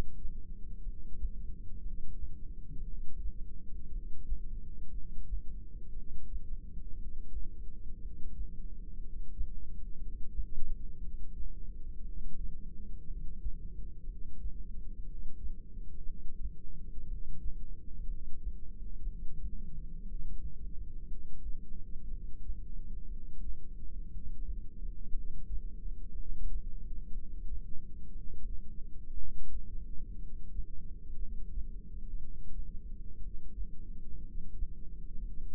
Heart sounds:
heart sounds by microphone in the right ear; 59 bpm
0.80 s: heartbeat
1.80 s: heartbeat
2.82 s: heartbeat
3.87 s: heartbeat
4.89 s: heartbeat
5.90 s: heartbeat
6.93 s: heartbeat
7.96 s: heartbeat
8.97 s: heartbeat
9.96 s: heartbeat
10.97 s: heartbeat
11.99 s: heartbeat
13.02 s: heartbeat
14.01 s: heartbeat
15.01 s: heartbeat
16.01 s: heartbeat
17.03 s: heartbeat
18.03 s: heartbeat
19.01 s: heartbeat
20.01 s: heartbeat
21.03 s: heartbeat
22.05 s: heartbeat
23.05 s: heartbeat
24.06 s: heartbeat
25.08 s: heartbeat
26.11 s: heartbeat
27.10 s: heartbeat
28.10 s: heartbeat
29.12 s: heartbeat
30.14 s: heartbeat
31.14 s: heartbeat
32.14 s: heartbeat
33.16 s: heartbeat
34.18 s: heartbeat
35.17 s: heartbeat
From the record:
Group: heart failure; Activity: rest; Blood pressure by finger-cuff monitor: 112/75 mmHg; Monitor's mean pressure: 89 mmHg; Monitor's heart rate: 59 bpm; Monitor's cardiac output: 6.5 L/min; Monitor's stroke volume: 110 mL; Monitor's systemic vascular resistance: 1010 dyn s/cm5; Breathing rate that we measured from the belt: 14 breaths a minute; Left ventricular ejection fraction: 25%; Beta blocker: metoprolol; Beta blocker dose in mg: 62.5 twice daily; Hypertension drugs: ramipril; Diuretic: furosemide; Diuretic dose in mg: 40 twice daily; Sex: male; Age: 57 years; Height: 180 cm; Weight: 90.5 kg

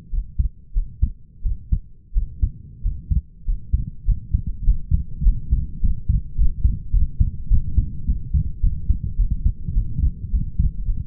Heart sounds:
heart sounds by stethoscope; 100 bpm
0.11 s: heartbeat
0.73 s: heartbeat
1.43 s: heartbeat
2.14 s: heartbeat
2.83 s: heartbeat
3.45 s: heartbeat
4.05 s: heartbeat
4.65 s: heartbeat
5.24 s: heartbeat
5.81 s: heartbeat
6.36 s: heartbeat
6.91 s: heartbeat
7.49 s: heartbeat
8.06 s: heartbeat
8.61 s: heartbeat
9.17 s: heartbeat
9.74 s: heartbeat
10.31 s: heartbeat
10.86 s: heartbeat
From the record:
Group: healthy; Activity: rest 0-3 s, light exercise 3-11 s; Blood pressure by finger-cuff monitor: 126/66 mmHg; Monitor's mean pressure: 86 mmHg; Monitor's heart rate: 103 bpm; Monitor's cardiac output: 7.8 L/min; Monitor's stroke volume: 83 mL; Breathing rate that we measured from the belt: 25 breaths a minute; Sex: male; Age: 22 years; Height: 181 cm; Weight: 60 kg

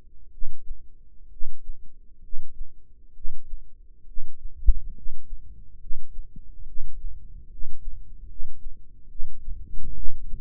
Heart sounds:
heart sounds by microphone in the right ear; 69 bpm
0.30 s: heartbeat
1.29 s: heartbeat
2.21 s: heartbeat
3.13 s: heartbeat
4.05 s: heartbeat
4.93 s: heartbeat
5.78 s: heartbeat
6.64 s: heartbeat
7.48 s: heartbeat
8.27 s: heartbeat
9.08 s: heartbeat
9.93 s: heartbeat
From the record:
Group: healthy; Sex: male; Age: 35 years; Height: 180 cm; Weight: 86.9 kg

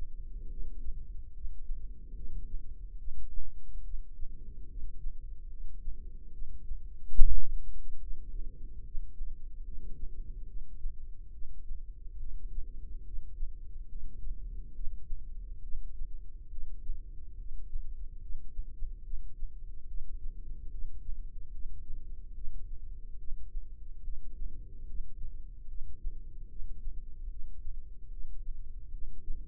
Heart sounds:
heart sounds by microphone in the left ear; 72 bpm
0.49 s: heartbeat
1.32 s: heartbeat
2.14 s: heartbeat
2.97 s: heartbeat
3.82 s: heartbeat
4.68 s: heartbeat
5.49 s: heartbeat
6.31 s: heartbeat
7.15 s: heartbeat
7.99 s: heartbeat
8.82 s: heartbeat
9.63 s: heartbeat
10.46 s: heartbeat
11.31 s: heartbeat
12.18 s: heartbeat
13.04 s: heartbeat
13.87 s: heartbeat
14.73 s: heartbeat
15.61 s: heartbeat
16.50 s: heartbeat
17.36 s: heartbeat
18.19 s: heartbeat
19.02 s: heartbeat
19.86 s: heartbeat
20.69 s: heartbeat
21.50 s: heartbeat
22.33 s: heartbeat
23.17 s: heartbeat
24.02 s: heartbeat
24.85 s: heartbeat
25.67 s: heartbeat
26.47 s: heartbeat
27.28 s: heartbeat
28.09 s: heartbeat
28.91 s: heartbeat
From the record:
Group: healthy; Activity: rest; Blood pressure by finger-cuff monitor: 108/70 mmHg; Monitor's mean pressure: 85 mmHg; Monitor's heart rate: 72 bpm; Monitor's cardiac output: 5.6 L/min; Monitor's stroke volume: 79 mL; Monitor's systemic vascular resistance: 1100 dyn s/cm5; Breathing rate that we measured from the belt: 15 breaths a minute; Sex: female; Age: 43 years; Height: 160 cm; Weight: 90 kg

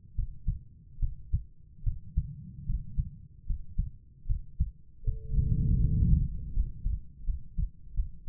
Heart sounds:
heart sounds by stethoscope; 77 bpm
0.15 s: heartbeat
0.99 s: heartbeat
1.83 s: heartbeat
2.65 s: heartbeat
3.46 s: heartbeat
4.26 s: heartbeat
5.04 s: heartbeat
5.80 s: heartbeat
6.52 s: heartbeat
7.24 s: heartbeat
7.94 s: heartbeat
From the record:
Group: healthy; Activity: rest 0-6 s, Valsalva maneuver 6-8 s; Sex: female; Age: 32 years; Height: 172 cm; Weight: 71.7 kg

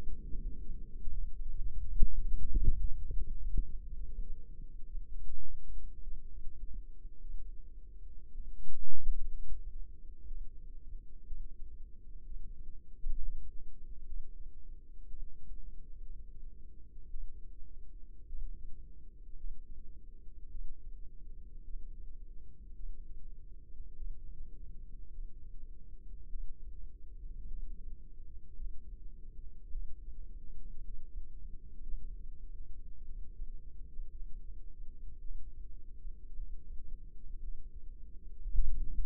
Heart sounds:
heart sounds by microphone in the left ear; 57 bpm
0.60 s: heartbeat
1.42 s: heartbeat
2.27 s: heartbeat
3.12 s: heartbeat
3.94 s: heartbeat
4.86 s: heartbeat
6.02 s: heartbeat
7.20 s: heartbeat
8.33 s: heartbeat
9.31 s: heartbeat
10.26 s: heartbeat
11.26 s: heartbeat
12.25 s: heartbeat
13.10 s: heartbeat
14.06 s: heartbeat
15.08 s: heartbeat
16.01 s: heartbeat
17.09 s: heartbeat
18.28 s: heartbeat
19.36 s: heartbeat
20.50 s: heartbeat
21.64 s: heartbeat
22.75 s: heartbeat
23.96 s: heartbeat
25.10 s: heartbeat
26.29 s: heartbeat
27.48 s: heartbeat
28.56 s: heartbeat
29.71 s: heartbeat
30.81 s: heartbeat
31.83 s: heartbeat
33.04 s: heartbeat
34.12 s: heartbeat
35.20 s: heartbeat
36.35 s: heartbeat
37.39 s: heartbeat
38.41 s: heartbeat
From the record:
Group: healthy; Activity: rest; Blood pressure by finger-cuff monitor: 98/59 mmHg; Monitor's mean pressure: 72 mmHg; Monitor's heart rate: 55 bpm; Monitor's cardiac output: 5 L/min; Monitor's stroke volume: 92 mL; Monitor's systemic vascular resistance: 1040 dyn s/cm5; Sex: female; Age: 28 years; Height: 170 cm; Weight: 77 kg

